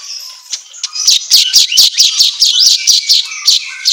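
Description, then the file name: Asian golden weaver song, a dense scratchy chatter of rapid harsh notes mixed with squeaky whistles. Song recording for training songbirds, labelled 'auto gacor'. "Suara Kicau Manyar Kepala Emas Auto Gacor"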